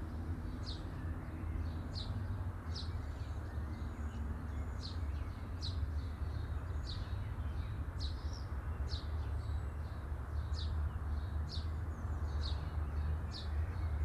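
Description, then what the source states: Bird chirps repeated steadily at high pitch, some doubled or overlapping, with low traffic-like rumble underneath. Birds chirping at midday.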